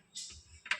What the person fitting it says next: இப்போ ஒரு lock lock ஆயிடுச்சு